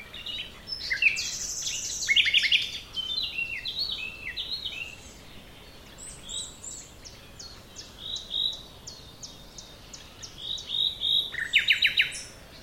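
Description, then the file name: Common nightingale song in dense, varied bursts: high chattering notes, short whistled slurs and quick repeated elements separated by brief pauses. "Luscinia megarhynchos"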